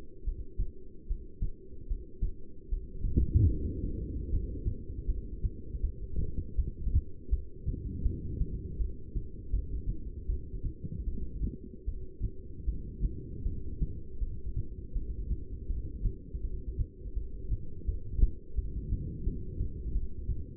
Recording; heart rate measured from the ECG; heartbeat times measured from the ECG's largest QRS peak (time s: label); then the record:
heart sounds by stethoscope; 79 bpm
0.25 s: heartbeat
1.08 s: heartbeat
1.88 s: heartbeat
2.69 s: heartbeat
3.50 s: heartbeat
4.31 s: heartbeat
5.07 s: heartbeat
5.82 s: heartbeat
6.57 s: heartbeat
7.31 s: heartbeat
8.04 s: heartbeat
8.78 s: heartbeat
9.52 s: heartbeat
10.28 s: heartbeat
11.06 s: heartbeat
11.86 s: heartbeat
12.66 s: heartbeat
13.45 s: heartbeat
14.20 s: heartbeat
14.94 s: heartbeat
15.69 s: heartbeat
16.43 s: heartbeat
17.15 s: heartbeat
17.87 s: heartbeat
18.56 s: heartbeat
19.25 s: heartbeat
19.94 s: heartbeat
From the record:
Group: heart failure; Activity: breath hold 0-2 s, rest 2-21 s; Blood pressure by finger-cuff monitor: 181/121 mmHg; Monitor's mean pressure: 144 mmHg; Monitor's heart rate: 79 bpm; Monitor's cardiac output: 7.6 L/min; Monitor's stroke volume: 97 mL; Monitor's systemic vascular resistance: 1470 dyn s/cm5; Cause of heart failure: non-ischemic cardiomyopathy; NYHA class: 1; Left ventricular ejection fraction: 62%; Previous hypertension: present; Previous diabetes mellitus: present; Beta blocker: bisoprolol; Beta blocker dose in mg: 10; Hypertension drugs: sacubitril-valsartan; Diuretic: furosemide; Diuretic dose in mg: 20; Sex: male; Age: 49 years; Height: 167 cm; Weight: 110 kg